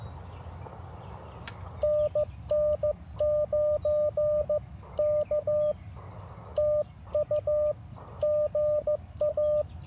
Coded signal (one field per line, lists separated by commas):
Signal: Morse code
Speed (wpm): 15 wpm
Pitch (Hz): 590 Hz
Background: none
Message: NN9K TU GA